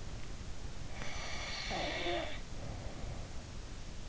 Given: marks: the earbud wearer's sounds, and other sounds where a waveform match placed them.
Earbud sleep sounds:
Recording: sounds in sleep by an in-ear microphone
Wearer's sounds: snoring breath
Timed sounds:
1.03-3.47 s: snoring breath

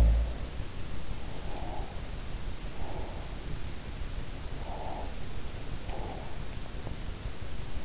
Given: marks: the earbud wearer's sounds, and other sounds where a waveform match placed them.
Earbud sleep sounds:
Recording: sounds in sleep by an in-ear microphone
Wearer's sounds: breath, swallowing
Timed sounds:
0.00-0.85 s: sound from someone else or the room
1.37-3.53 s: breath
4.48-6.43 s: breath
6.60-7.25 s: swallowing

